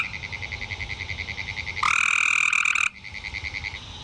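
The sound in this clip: Frogs calling: a rapid pulsed train of high croaks, with one louder, continuous trilled call for about a second in the middle.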